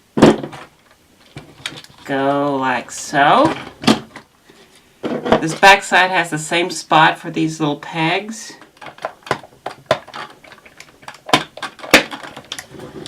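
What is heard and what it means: Someone talks while pressing the plastic back half of a P-Toy Kung Fu Robot toy's body shell onto its small locating pegs, with scattered handling clicks and taps along the way. The shell snaps into place with a sharp click at 11.9 s and is seated.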